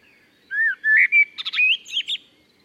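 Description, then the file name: Common blackbird song: soft, mellow warbled whistles rising in pitch, closing with a quick squeaky flourish. "Turdus merula"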